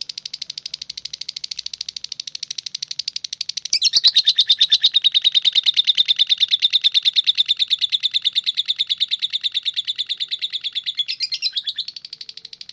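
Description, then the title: Oriental magpie-robin song of rapid, evenly spaced high notes, turning louder and sharper around four seconds and keeping a steady fast rhythm to the end. "Kicau Kacer"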